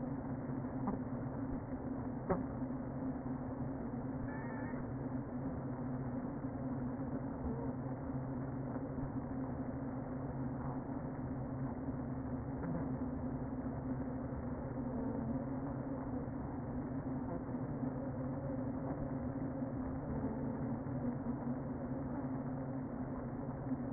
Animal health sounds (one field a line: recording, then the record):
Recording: honeybee colony, microphone inside the hive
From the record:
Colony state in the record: queen present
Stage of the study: before two queens were removed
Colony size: about 60,000 bees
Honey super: yes